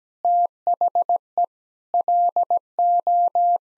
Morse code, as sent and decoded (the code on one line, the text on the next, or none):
- .... . / .-.. ---
THE LO